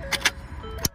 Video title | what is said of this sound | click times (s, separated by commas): FORD RADIO NOT WORKING FIXED FAST & EASY ON 2012-2014 FORD FOCUS, FIESTA, ESCAPE AND MANY MORE FIXED | two make sure it clicks and then the antenna i can't forget the antenna | 0.9 s